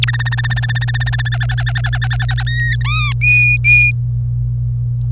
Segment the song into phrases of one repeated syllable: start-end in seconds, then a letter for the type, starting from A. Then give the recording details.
0.02-0.04 A, 0.07-1.29 B, 1.32-2.43 C, 2.46-2.75 D, 2.81-3.12 E, 3.21-3.91 F. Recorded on 26 April 2018 at 08:17. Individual llb3